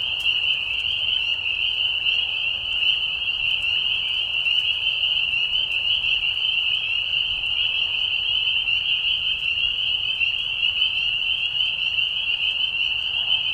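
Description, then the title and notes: Spring peepers calling in a dense chorus, their high whistled peeps merging into one steady shrill tone that never pauses, with a few faint sharp clicks underneath. Chorus of peeper frogs giving mating calls at night in a marsh in spring, a very short calling season; high, low-volume whistles; Tiny Marsh Conservation Area, Tiny, Ontario. "Peeper frogs in the spring. Peeper frogs in a marsh at night. This is a mating call that happens during a very short season in the Spring. The high whistles at a low volume. Recorded at the Tiny Marsh Conservation area in Tiny, Ontario. Recorded by Anton Pickard. Music for Sleep"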